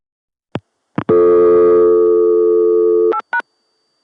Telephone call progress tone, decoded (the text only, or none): dial tone